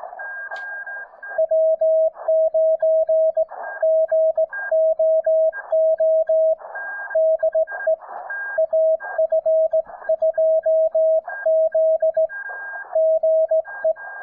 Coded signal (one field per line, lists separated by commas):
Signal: Morse code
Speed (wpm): 16 wpm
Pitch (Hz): 640 Hz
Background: music, radio noise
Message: W9GOO DE AF2Z GE